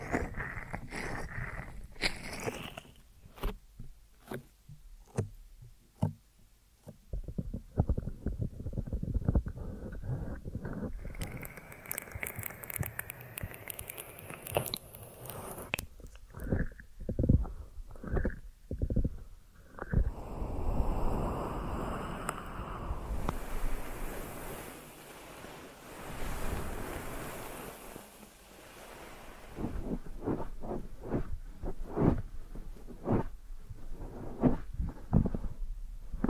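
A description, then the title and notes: Deep ear massage sounds with hands rubbing and pressing against the microphone, giving a low, muffled rumble. Quick sharp taps and scratches come in clusters throughout, with a longer stretch of smooth, hissing rubbing in the middle, like surf washing in. ASMR Deep Ear Massage for Sleep(No Talking).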